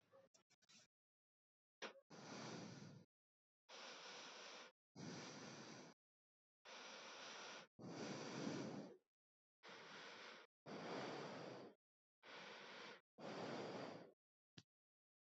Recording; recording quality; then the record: shallow breathing; excellent, no background noise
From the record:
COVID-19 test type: RT-PCR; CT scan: not taken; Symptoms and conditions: cough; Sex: male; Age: 31 years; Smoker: no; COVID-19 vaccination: both doses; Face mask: not worn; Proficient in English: yes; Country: India